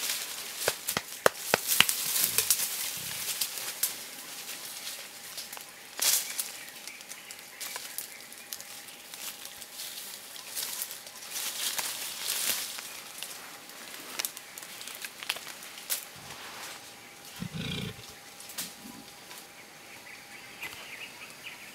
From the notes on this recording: Eastern Lowland Gorillas in the Democratic Republic of Congo